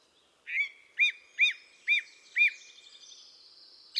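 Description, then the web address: Bird calls: five clear arched whistled notes repeated about every half second, then a faint high thin whistle trailing off and one short final note. "cianscape birddata Deverinetal 2025. Bird Only"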